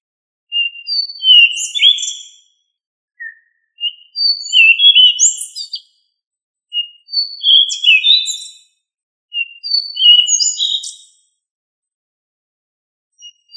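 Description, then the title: Thrush song in four bright bursts, each opening with a short whistle before a rapid jumble of high, twisting notes, then a pause. "Familia Turdidae - Sabia"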